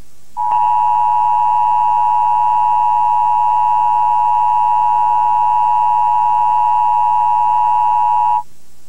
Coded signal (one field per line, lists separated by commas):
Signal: Emergency Alert System (SAME) tones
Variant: 853 and 960 Hz attention tone